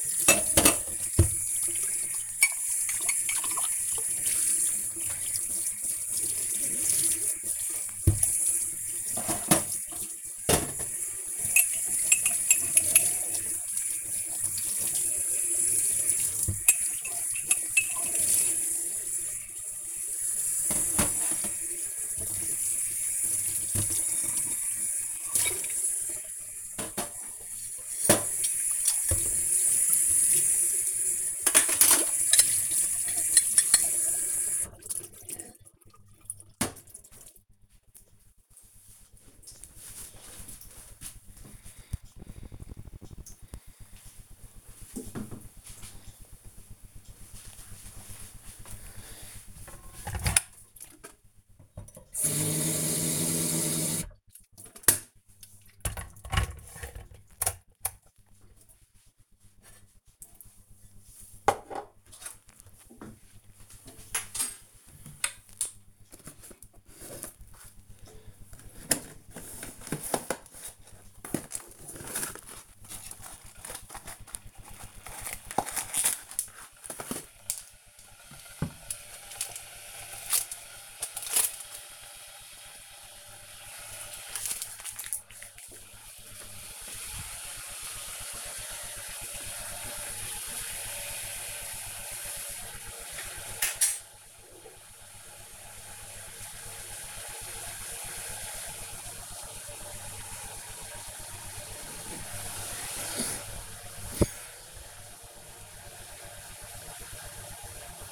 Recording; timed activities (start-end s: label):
household activities, microphone on the right wrist
0.00-34.31 s: washing dishes
50.41-108.12 s: making tea